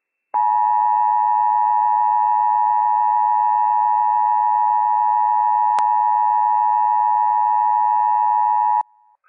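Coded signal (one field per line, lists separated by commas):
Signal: Emergency Alert System (SAME) tones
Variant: 853 and 960 Hz attention tone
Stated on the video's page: Real Required Monthly Test from the Inland Northwest, carrying operational EAS tones.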